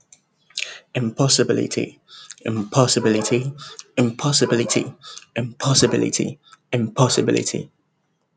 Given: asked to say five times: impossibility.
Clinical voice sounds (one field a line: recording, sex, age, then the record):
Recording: repeated word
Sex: male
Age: 20 to 29 years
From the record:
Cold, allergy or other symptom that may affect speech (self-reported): no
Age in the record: 26 years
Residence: Ohio, United States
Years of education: 18